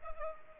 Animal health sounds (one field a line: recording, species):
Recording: mosquito wingbeat signal from an infrared sensor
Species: Culex pipiens